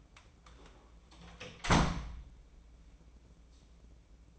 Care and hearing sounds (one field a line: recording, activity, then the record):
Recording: daily activity, microphone in the room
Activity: close door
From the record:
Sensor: 1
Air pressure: 1012.4 hPa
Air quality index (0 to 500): 167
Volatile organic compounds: 3 ppm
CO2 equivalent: 1372 ppm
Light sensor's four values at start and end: 550/1271/566/669 and 552/1274/567/670